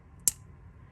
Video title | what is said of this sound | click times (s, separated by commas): Lego Star Wars 75370 Stormtrooper Mech Set Review | So this is the Stormtrooper blaster. And we're just going to plug it in like so. Wait till you hear a click. | 0.3 s